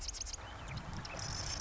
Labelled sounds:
Marsh Wren (Cistothorus palustris)
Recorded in Sonoma County, California

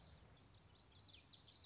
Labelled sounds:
Common Yellowthroat (Geothlypis trichas)
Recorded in Sonoma County, California

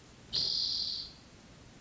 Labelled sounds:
Spotted Towhee (Pipilo maculatus)
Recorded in Sonoma County, California

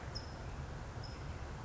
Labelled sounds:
California Towhee (Melozone crissalis)
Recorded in Sonoma County, California

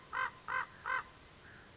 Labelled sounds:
Common Raven (Corvus corax)
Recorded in Sonoma County, California

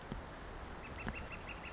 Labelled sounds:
Northern Flicker (Colaptes auratus)
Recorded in Sonoma County, California

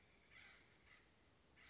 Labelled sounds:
Acorn Woodpecker (Melanerpes formicivorus)
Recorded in Sonoma County, California

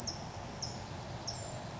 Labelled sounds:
California Towhee (Melozone crissalis)
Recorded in Sonoma County, California

